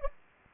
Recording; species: mosquito wingbeat signal from an infrared sensor; Anopheles gambiae